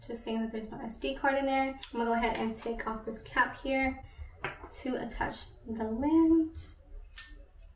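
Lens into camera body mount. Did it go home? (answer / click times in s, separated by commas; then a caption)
yes / 7.2 s. After the body cap is taken off the camera, a lens is attached to the camera body mount while someone talks. A single sharp click is heard at 7.2 s as the lens snaps into place and is seated.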